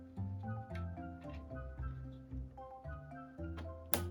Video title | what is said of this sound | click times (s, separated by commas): My First PC Build - Build Adventure - Budget PC Build Under $350 | i heard a click | 3.9 s